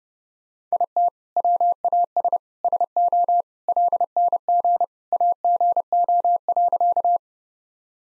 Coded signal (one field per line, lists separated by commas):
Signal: Morse code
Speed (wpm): 32 wpm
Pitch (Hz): 700 Hz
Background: none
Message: IT WAS SO LNG AGO.